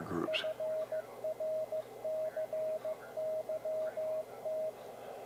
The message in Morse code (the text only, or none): FRCYT